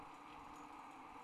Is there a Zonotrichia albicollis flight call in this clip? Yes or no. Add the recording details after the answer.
no. No flight call is heard. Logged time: 00:08 on 30 November 2014